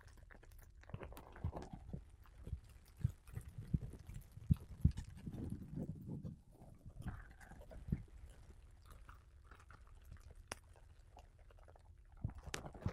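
Makeup brushes and a sponge rub against a microphone, making soft, muffled rustling and swishing that swells into a dense burst around four to six seconds. Sharp little taps cut through now and then, and the second half is sparser, with quieter strokes and a final flurry near the end.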